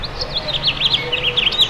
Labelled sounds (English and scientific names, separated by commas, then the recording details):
House Finch (Haemorhous mexicanus) song
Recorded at Freeport on Long Island, New York, on 28 May 2013
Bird C